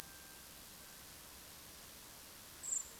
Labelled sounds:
Common Blackbird
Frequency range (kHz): Common Blackbird 6.6-9.1 kHz
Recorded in France

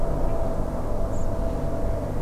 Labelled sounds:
Redwing
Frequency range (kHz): Redwing 6.0-8.2 kHz
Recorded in France

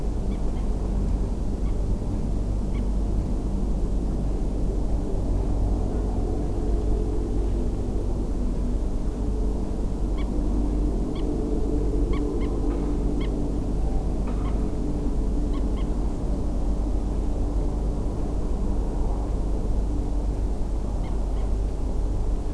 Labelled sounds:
Common Moorhen
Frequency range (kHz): Common Moorhen 0.5-5.9 kHz
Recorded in France

